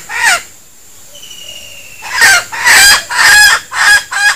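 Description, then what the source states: Junglefowl calls: one harsh note, a pause with a thin whistle, then several loud, raspy cackling notes in quick succession. Female (betina); a denak (decoy) junglefowl.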